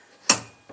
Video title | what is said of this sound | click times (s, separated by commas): SpaceX Starlink RV Mounting System With TKO Clamps RV Flagpole Adapters | and it locks into place so there's a little bit of play in it a little bit of Wiggle not not enough to be an issue very | 0.3 s